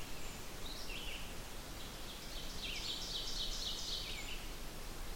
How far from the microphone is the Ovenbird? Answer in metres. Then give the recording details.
about 65 m. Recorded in boreal forest in Alberta, Canada, on 16 June 2016 at 08:40. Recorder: SongMeter 3, array SBT-3-32. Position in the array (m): 174 m, -30 m. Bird 38